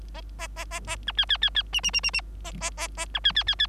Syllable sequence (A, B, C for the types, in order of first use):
A A A A B C C C C D D D D D A A A A B C C C C